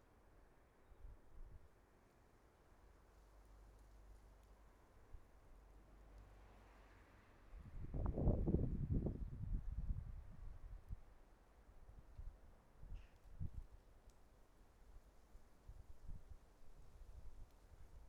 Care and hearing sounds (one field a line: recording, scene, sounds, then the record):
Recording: everyday scene through a hearing-aid microphone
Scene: wind on the microphone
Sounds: wind, traffic, birds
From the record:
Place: suburban garden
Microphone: behind the ear, right, front